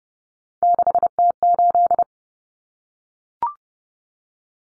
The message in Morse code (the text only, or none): 6T8